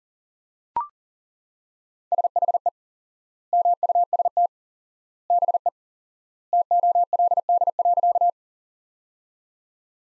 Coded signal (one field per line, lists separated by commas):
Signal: Morse code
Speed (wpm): 37 wpm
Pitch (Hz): 700 Hz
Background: none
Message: SHE MUST BE TOLD.